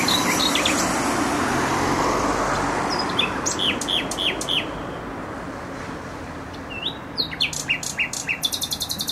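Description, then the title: Nightingale song with a loud rush of traffic at first, then repeated sliding notes, a quick phrase, and a fast rattling trill at the end. Singing in bushes close to a noisy motorway, Trasa Toruńska, Bródno-Podgrodzie, Warsaw, Poland; recorded with an Olympus LS-11. "Bródno-Podgrodzie, Warszawa, Polska - Trasa Toruńska Nightingale"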